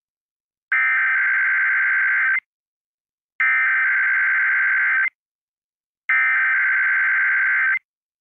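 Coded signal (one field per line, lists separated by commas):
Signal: Emergency Alert System (SAME) tones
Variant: header bursts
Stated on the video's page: Weekly test on country station WXTU Philadelphia, 92.5 MHz FM, 15 kW, recorded from its stream.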